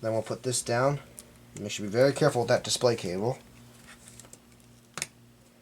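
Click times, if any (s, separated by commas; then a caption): 5.0 s. Someone talks while a Dell Latitude laptop's display cable connector is pressed into its socket on the motherboard. After a few faint ticks, a sharp double click comes at 5.0 s, and the solid click shows the connector is seated properly.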